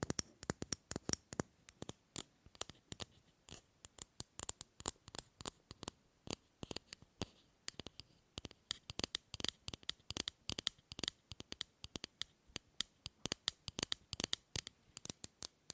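Tapping on hard objects, a string of sharp, dry clicks running through the whole sixteen seconds. The pace shifts between quick bursts of closely spaced taps and slower, more separated hits, with a few louder strikes standing out. Little else sounds between taps.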